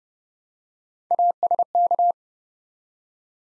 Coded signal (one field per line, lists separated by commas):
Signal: Morse code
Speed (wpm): 30 wpm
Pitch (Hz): 700 Hz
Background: none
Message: ASK